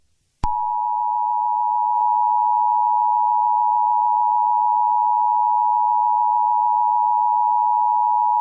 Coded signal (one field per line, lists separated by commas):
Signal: Emergency Alert System (SAME) tones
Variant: 853 and 960 Hz attention tone